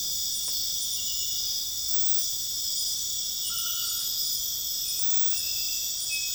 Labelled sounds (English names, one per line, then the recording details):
none
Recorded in dense forest near Puerto Asís, Putumayo, Colombia, on 9 March 2025 at 02:30
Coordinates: 0.484, -76.325
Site G045